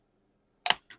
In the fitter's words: oops kind of a satisfying snap yeah